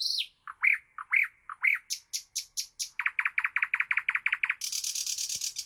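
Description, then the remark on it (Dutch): A songbird sings a varied phrase of sweeping whistled notes, then a fast, even run of repeated chirps, ending its second song strophe in a burst of bright, high, ringing plinking notes. No talking. “Nu komt de tweede zangstrofe, de laatste paar nootjes. Dit is toch waanzinnig mooi. Plink, plink.”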